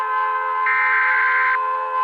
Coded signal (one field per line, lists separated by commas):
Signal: Emergency Alert System (SAME) tones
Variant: header bursts